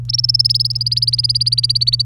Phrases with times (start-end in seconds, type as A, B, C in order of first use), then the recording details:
0.09-2.02 A. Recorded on 30 April 2018 at 07:38. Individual llb3